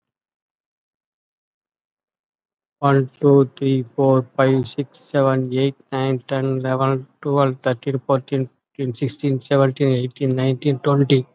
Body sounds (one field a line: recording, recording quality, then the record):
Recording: counting at a normal pace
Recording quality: excellent, no background noise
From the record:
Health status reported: COVID-19 positive, mild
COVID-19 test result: positive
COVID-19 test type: RT-PCR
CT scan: taken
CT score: 5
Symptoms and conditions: cough, breathing difficulty, fever, another respiratory illness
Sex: male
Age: 56 years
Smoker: no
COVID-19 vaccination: none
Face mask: not worn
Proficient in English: no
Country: India